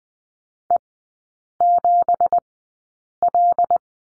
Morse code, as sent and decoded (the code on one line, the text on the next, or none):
. --... .-..
E7L